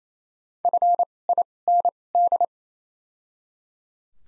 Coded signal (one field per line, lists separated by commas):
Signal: Morse code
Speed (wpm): 28 wpm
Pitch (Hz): 700 Hz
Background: none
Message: F I N D